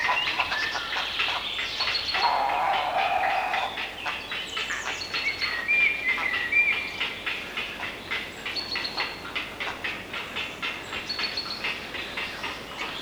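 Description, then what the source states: Grey Heron calls: a low, rough croak early on, then steady rapid clattering chatter and thin squeals, continuing throughout. Field recording from Sweden.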